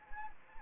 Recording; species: mosquito wingbeat signal from an infrared sensor; Anopheles arabiensis